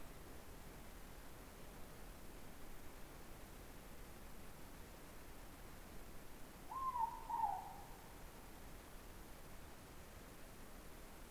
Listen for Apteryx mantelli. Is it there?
no